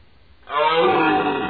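Deer giving a loud, rough, drawn-out bellow that starts abruptly and holds steady to the end.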